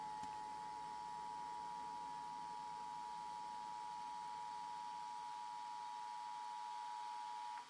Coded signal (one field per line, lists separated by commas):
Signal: Emergency Alert System (SAME) tones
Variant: 853 and 960 Hz attention tone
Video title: Emergency Alert System for the State of Oregon